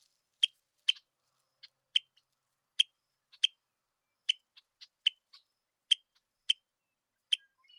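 Red-winged blackbird giving short, sharp check notes, repeated irregularly about every half second to a second, with a few softer notes in between.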